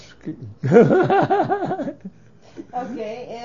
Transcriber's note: he laughs